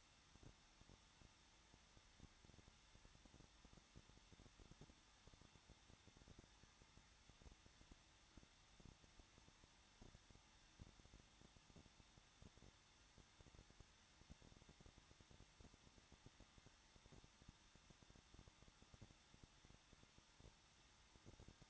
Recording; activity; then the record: daily activity, microphone in the room; no activity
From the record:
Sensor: 3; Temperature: 21.2 degrees Celsius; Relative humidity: 36.4%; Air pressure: 1006.4 hPa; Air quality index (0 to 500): 223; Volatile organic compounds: 42 ppm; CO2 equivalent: 3186 ppm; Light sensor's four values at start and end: 2/3/2/2 and 2/3/2/2